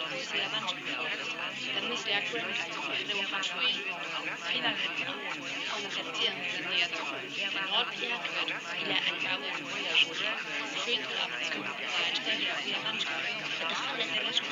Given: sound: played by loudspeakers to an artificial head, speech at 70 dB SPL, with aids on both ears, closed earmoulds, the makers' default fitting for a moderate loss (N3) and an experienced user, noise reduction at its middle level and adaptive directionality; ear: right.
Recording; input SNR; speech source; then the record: speech test signal (ISTS) in cocktail-party noise; -6 dB; in front (0 degrees)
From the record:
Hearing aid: class 1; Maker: G